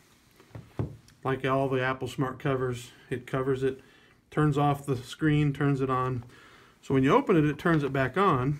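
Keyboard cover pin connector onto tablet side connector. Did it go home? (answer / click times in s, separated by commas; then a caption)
yes / 0.8 s. An Apple Smart Keyboard cover's three-pin connector edge is brought to the side connector of an iPad Pro, and because both parts are magnetic, the cover snaps into place once it is within a few millimetres. A short, sharp click is heard at 0.8 s, between fainter taps just before and after, and it seats the cover. Someone then talks for the rest of the clip.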